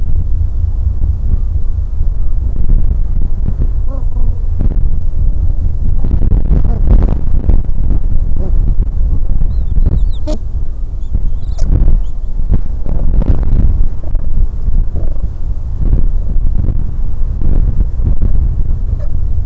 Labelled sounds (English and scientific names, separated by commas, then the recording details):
Gentoo Penguin (Pygoscelis papua)
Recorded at the colony at Godthul, on 25 December 2014
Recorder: Song Meter SM2+